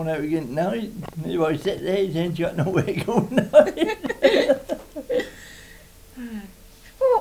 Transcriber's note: laughs